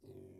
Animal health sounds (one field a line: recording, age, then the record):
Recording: pig call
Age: weaner (32 to 43 days)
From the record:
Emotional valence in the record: negative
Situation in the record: restrain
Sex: male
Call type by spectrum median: low-frequency call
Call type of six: low-frequency stable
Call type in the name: low-frequency stable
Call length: 0.40 s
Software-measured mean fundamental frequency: 47 Hz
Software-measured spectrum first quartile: 171 Hz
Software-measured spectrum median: 325 Hz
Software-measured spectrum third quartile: 459 Hz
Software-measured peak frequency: 376 Hz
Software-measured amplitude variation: 154 dB a second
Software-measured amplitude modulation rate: 25.0 a second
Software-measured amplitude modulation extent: 6.2 dB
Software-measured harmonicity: 0.8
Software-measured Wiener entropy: 0.76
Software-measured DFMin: 1233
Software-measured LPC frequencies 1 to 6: 377, 2246, 4053, 4781, 5659, 7185 Hz